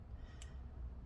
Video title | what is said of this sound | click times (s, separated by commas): Samsung Galaxy S22 Ultra Note Disassembly Camera Cameras Speaker Charge Port Replacement Repair | bend the board either okay so we'll line this up click that | 0.4 s